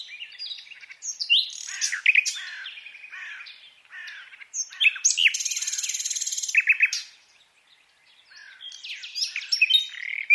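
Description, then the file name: Common nightingale singing loud varied phrases: chattering notes, a long fast machine-gun rattle near the middle, a short silence, then renewed sharp sweeping notes. "Luscinia megarhynchos"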